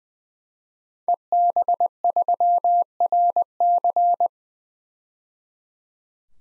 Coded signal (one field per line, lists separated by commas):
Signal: Morse code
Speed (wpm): 21 wpm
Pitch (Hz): 700 Hz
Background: none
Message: EB3RC